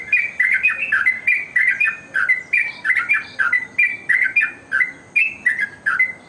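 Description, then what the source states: Bird chattering in quick, squeaky phrases, the notes repeated in short bursts. A mix of bird songs made for training birds.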